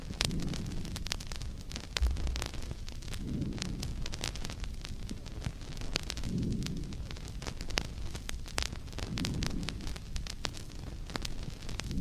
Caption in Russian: В норме над легким выслушивается визикулярное дыхание.